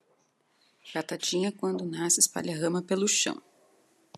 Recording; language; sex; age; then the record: short text; Brazilian Portuguese; female; 30 to 39 years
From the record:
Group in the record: control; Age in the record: 37 years